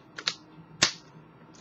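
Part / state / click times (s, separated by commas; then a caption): plastic screen bezel clips into laptop display lid / seated / 0.3 s, 0.8 s. The plastic screen bezel of a Gateway KAV60 laptop is pushed around its perimeter so it snaps back onto the display lid. Sharp plastic clicks ring out at 0.3 s and 0.8 s, with a softer tick just before the first, and the bezel clips seat onto the lid.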